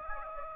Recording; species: mosquito wingbeat signal from an infrared sensor; Anopheles gambiae